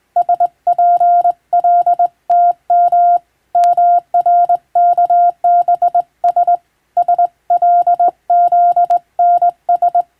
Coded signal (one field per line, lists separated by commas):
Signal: Morse code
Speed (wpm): 20 wpm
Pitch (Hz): 700 Hz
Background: none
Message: SPLTM MRKBS SLZNS